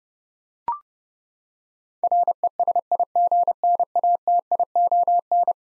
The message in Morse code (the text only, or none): RESIGNATION